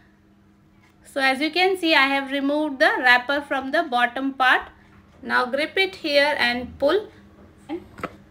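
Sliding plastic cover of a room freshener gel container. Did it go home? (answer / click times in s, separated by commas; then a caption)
yes / 8.0 s. Someone talks, then pulls open the sliding plastic cover of an Ambi Pur Room Fresh Mood Therapy Collection lavender gel room freshener container, gripping it after the wrapper has been removed from the bottom part. A few brief scraping sounds are followed by a sharp click at 8.0 s as the cover reaches its maximum open position.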